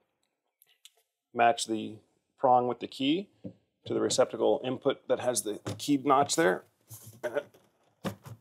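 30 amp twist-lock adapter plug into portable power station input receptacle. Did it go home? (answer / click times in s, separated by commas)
yes / 8.1 s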